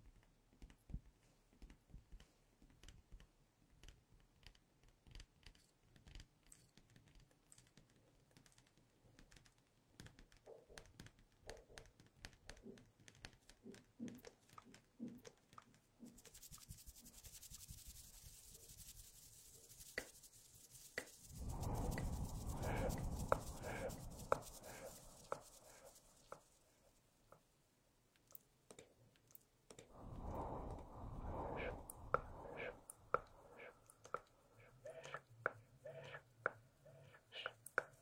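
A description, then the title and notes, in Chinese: Hands rub together, with sparse dry clicks and taps running through the whole recording. From about 16 to 27 seconds a steady high hiss appears, and two louder, dense stretches of rubbing swell around 21 to 26 seconds and again near 30 to 33 seconds. 搓手手。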